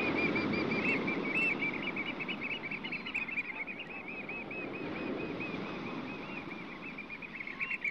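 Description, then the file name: Bird giving rapid, repeated high chirping notes around a steady pitch, many small calls over a constant rushing background noise. "uccelli birds"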